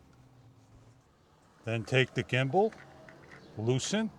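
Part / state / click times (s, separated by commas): gimbal head on tablet holder extension arm / not seated / none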